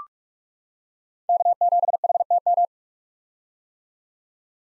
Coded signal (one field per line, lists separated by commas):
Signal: Morse code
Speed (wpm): 46 wpm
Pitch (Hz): 700 Hz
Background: none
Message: K7HTM